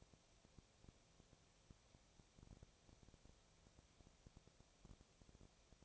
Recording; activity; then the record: daily activity, microphone in the room; no activity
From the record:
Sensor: 1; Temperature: 19.6 degrees Celsius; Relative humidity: 36.5%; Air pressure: 997.1 hPa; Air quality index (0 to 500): 204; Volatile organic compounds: 129 ppm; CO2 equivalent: 3922 ppm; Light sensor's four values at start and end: 1/2/1/1 and 1/2/1/1